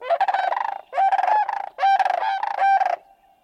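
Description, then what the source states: Sandhill Crane pair calling in unison: four loud rolling, rattling bursts with rich harmonics, each under a second, separated by brief pauses. Courting pair calling in unison at sunrise on a southwestern marsh in late February, dancing by bowing, leaping and raising wings; pairs stay together for life, the dance reaffirming the bond.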